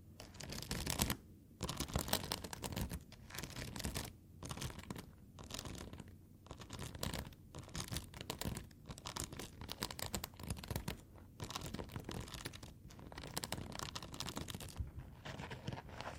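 Foam being squeezed and rubbed gives dense, dry crackling and crinkling, continuous but uneven, with brief gaps near 1.5, 4.5 and 6 seconds.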